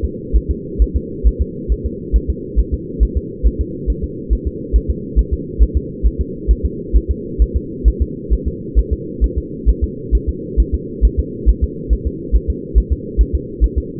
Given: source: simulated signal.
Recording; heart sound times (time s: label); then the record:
fetal heart sounds
0.05 s: S2
0.36 s: S1
0.51 s: S2
0.82 s: S1
0.96 s: S2
1.27 s: S1
1.42 s: S2
1.72 s: S1
1.86 s: S2
2.16 s: S1
2.30 s: S2
2.59 s: S1
2.74 s: S2
3.03 s: S1
3.17 s: S2
3.46 s: S1
3.61 s: S2
3.90 s: S1
4.04 s: S2
4.33 s: S1
4.47 s: S2
4.76 s: S1
4.90 s: S2
5.19 s: S1
5.33 s: S2
5.62 s: S1
5.77 s: S2
6.06 s: S1
6.21 s: S2
6.51 s: S1
6.65 s: S2
6.96 s: S1
7.11 s: S2
7.42 s: S1
7.56 s: S2
7.88 s: S1
8.02 s: S2
8.33 s: S1
8.48 s: S2
8.79 s: S1
8.93 s: S2
9.24 s: S1
9.38 s: S2
9.69 s: S1
9.84 s: S2
10.15 s: S1
10.29 s: S2
10.60 s: S1
10.74 s: S2
11.05 s: S1
11.19 s: S2
11.49 s: S1
11.64 s: S2
11.93 s: S1
12.07 s: S2
12.36 s: S1
12.50 s: S2
12.78 s: S1
12.92 s: S2
13.21 s: S1
13.35 s: S2
13.64 s: S1
13.78 s: S2
From the record:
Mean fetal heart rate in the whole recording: 135 bpm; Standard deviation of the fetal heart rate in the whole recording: 3 bpm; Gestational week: 34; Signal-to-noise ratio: -4.1 dB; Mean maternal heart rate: no maternal heart sound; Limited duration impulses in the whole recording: absent